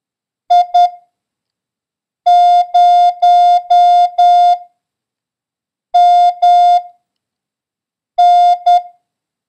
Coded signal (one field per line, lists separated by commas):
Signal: Morse code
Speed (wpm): 10 wpm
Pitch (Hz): 710 Hz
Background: none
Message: I0MN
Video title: International Morse Code: Lesson 2